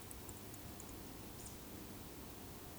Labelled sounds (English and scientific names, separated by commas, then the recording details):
Eurasian Woodcock (Scolopax rusticola) whistle
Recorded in Baden-Württemberg, Germany, on 28 May 2020 at 20:03 UTC
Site 31917, 145 m above sea level